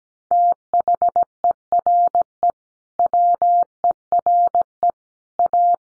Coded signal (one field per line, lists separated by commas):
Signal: Morse code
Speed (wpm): 17 wpm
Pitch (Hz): 700 Hz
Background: none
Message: THERE WERE A